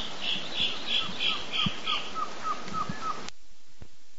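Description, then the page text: Black-billed scythebill calling: six bright, high whistled notes, overlapped and then followed by a run of lower, clipped notes over a steady hiss, ending abruptly in near silence. Recorded in Brazil. "Black-billed Scythebill From Sounds of Brazil"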